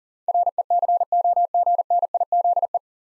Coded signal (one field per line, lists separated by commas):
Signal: Morse code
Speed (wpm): 39 wpm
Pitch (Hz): 700 Hz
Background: none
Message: RECOGNIZE